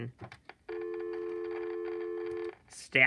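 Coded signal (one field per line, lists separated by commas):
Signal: telephone call progress tone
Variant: North America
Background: speech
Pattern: dial tone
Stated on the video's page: Dialing and call progress tones from tandem stacking over VoIP, using C*NET and Google Voice PSTN trunks.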